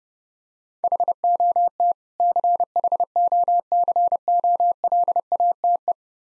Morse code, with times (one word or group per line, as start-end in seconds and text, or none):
0.8-1.9 HOT
2.2-5.9 CHOCOLATE